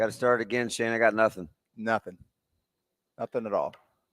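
An audio plug is being handled toward a headset or microphone jack during a studio sound check, and nothing has seated or clicked yet. Someone talks in short bursts separated by quiet pauses.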